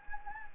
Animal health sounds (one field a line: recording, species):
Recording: mosquito wingbeat signal from an infrared sensor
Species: Anopheles gambiae